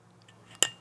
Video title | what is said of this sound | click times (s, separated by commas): Klein Is Number One ... Here's Why! - Episode 0 | so when it snaps in there hold on I got in there backwards that's why I didn't snap good | 0.6 s